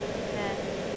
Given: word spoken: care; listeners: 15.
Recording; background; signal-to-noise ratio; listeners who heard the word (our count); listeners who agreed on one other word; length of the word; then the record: one English word in noise, from a listening test; speech-shaped noise; -6.0 dB; 0 of 15; 9 of 15; 0.56 s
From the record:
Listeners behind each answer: 9, 1, 1, 1, 1, 1, 1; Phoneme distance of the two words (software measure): 10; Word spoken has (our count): 1 syllable, 2 phonemes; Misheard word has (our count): 1 syllable, 2 phonemes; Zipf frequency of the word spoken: 5.34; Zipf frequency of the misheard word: 5.03